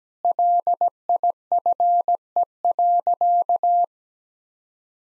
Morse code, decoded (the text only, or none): LIFE.